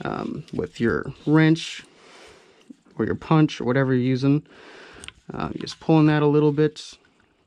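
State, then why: Not seated. Someone talks while working the trigger group part into the lower plastic frame of an AAP-01 airsoft pistol, pulling on a small T-shaped piece with a punch. Only faint handling ticks are heard around 2.6, 2.7 and 7.2 seconds. The part has not popped into place yet, and nothing has seated or clicked.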